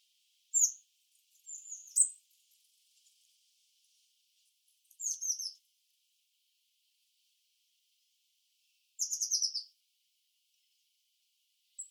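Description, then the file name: Eurasian blue tit calls, thin high sliding notes and short bursts of rapid descending notes separated by pauses. "Cyanistes caeruleus"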